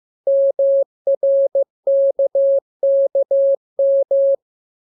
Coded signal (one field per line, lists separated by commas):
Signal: Morse code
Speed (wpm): 15 wpm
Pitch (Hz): 550 Hz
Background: none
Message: MRKKM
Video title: Learning Morse Code. Lesson 3. Letter KMUR